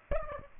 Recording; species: mosquito wingbeat signal from an infrared sensor; Aedes aegypti